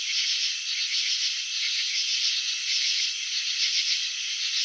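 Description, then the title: Crickets give a steady, shrill, pulsing trill with no pauses and no other noises. Crickets chirping, filmed in slow motion; wing vibrations and antenna movements shown. "Crickets in Slow Motion 📷. Capturing the Elegance of Chirping"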